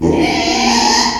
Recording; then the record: squeal of a Yucatan mini pig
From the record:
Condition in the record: after surgery on the right vocal fold (resection and tissue-engineered implant); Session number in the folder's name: 2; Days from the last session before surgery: 13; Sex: male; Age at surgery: 12 weeks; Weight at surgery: 13 kg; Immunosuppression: cyclosporine, prednisolone